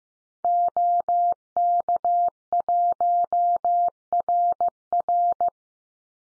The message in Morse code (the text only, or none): OK1RR